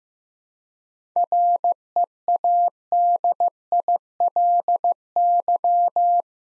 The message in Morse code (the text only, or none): READILY